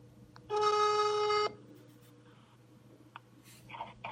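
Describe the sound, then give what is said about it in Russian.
A phone number is dialed: a single steady ringback tone sounds for about a second, loud and even-pitched, followed by quieter line noise and a few faint clicks and short electronic blips. “Так, набираем, короче, халявщику, и сейчас будем импровизировать все на ходу.”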